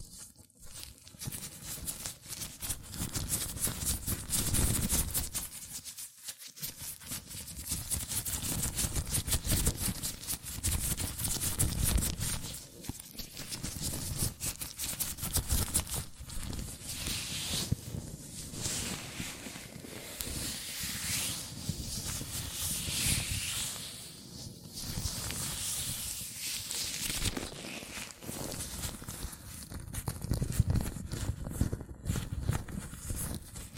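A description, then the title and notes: Latex gloves rubbing and handled continuously, with squeaks, stretches and crinkly rustling. The sound stays dense and busy throughout, mixing low rubbing thuds with bright snapping texture, and briefly drops out around six seconds before resuming with surges near twelve and thirty seconds. ASMR Latex Gloves Hand Sounds (No Talking).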